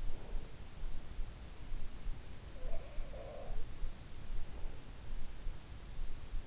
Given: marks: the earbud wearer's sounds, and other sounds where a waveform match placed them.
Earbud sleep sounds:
sounds in sleep by an in-ear microphone; breath
0.00-0.67 s: breath
2.29-3.67 s: sound from someone else or the room
4.31-5.11 s: breath

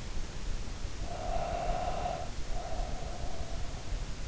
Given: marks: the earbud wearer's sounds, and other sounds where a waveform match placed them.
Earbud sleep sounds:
sounds in sleep by an in-ear microphone; breath
0.85-3.80 s: breath

